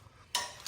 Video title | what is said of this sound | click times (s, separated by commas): OPENROAD 13,500lbs Winch Install - Panther Series 3S Upgrade on Equipment Trailer | And this is super easy. You just turn it and it it locks into place. | 0.4 s